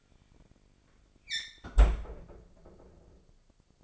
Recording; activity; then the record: daily activity, microphone in the room; close fridge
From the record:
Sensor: 5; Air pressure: 995.3 hPa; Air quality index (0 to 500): 89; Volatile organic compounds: 4 ppm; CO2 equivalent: 1668 ppm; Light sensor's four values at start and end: 38/91/37/38 and 35/85/34/35